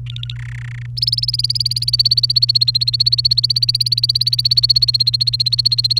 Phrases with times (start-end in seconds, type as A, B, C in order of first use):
0.07-0.35 A, 0.36-0.86 B, 0.97-5.99 C